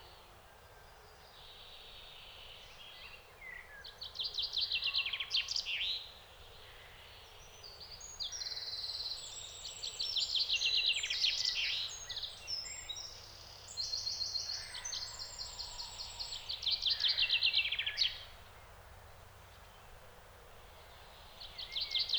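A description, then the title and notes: Woodland in late spring, where bright birdsong trills and chirps come in repeated bursts every few seconds over a steady low hiss. British Library - Woodland in Late Spring (Recorded by Richard Margoschis).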